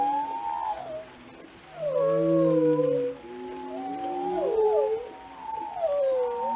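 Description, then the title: Whale vocalizations, overlapping tonal moans and whistles that rise and fall in smooth sweeping arcs. "Whale Watching: A Close Encounter with the Giants of the Sea"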